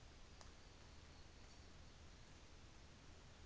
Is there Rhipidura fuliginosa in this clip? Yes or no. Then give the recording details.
no. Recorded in New Zealand on 24 December 2018. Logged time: 11:00